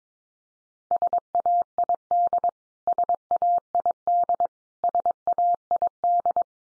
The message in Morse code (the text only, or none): SAID SAID SAID